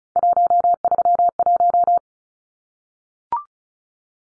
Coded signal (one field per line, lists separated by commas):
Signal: Morse code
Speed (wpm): 34 wpm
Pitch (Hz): 700 Hz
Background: none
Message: 131